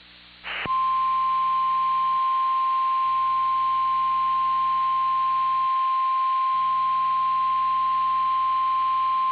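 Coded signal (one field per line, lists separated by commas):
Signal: Emergency Alert System (SAME) tones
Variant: 1050 Hz attention tone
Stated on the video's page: Mock EAS scenario with valid SAME tones, not an actual broadcast alert.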